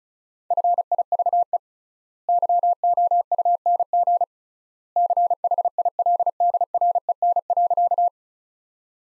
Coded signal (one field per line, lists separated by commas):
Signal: Morse code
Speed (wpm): 35 wpm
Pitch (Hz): 700 Hz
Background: none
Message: FIVE YOUNG CHILDREN.